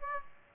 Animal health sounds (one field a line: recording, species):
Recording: mosquito wingbeat signal from an infrared sensor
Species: Aedes aegypti